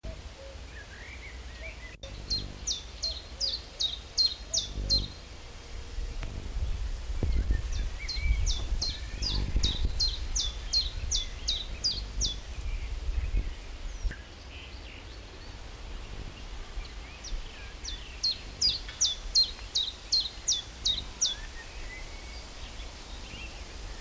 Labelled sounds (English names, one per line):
Common Chiffchaff